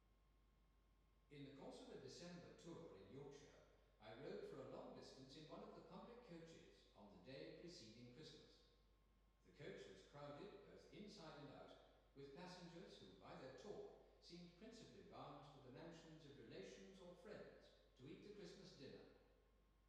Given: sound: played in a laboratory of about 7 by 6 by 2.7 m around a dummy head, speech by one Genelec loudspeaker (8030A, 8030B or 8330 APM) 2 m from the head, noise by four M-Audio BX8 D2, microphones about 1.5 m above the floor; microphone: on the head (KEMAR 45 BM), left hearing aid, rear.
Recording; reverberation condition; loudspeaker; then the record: male speech in English; high; 30 degrees to the right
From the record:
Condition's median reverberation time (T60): about 1300 ms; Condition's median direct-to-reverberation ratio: about -4.0 dB